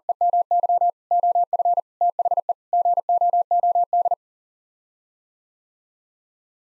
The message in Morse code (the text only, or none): EMY OF THE GOOD